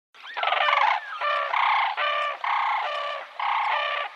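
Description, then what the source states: Brolga flight calls: harsh, rattling trumpeted notes in quick succession, with short gaps between. Brolgas calling in flight; recorded by Mark Anderson.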